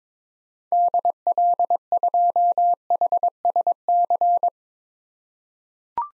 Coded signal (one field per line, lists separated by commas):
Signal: Morse code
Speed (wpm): 22 wpm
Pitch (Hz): 700 Hz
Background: none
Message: DL2HSC